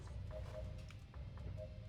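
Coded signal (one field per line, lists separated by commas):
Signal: none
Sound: video game sound effects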